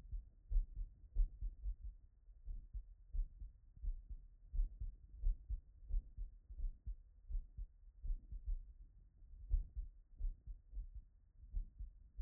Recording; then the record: heart sounds by stethoscope after running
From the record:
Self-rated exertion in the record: very light exertion (1 of 6); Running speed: 5 mph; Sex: male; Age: 53 years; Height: 181 cm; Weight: 67 kg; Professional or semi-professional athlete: no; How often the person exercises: 3 to 5 times a week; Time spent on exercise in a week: over 5 hours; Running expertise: yes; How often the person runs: 3 to 5 times a week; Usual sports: running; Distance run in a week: 35 km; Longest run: 42.6 km